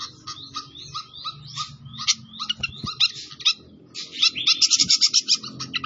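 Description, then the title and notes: Pied fantail song: repeated squeaky chirps in quick groups, then a burst of fast high notes, with low hum and some clicks. Masteran (training song for cage birds) of clear-voiced song, mixed with the sound of trickling water. "Masteran Sikatan Kipas Suara Jernih Dan Suara Gemericik Air. Suara Burung Sikatan Londo"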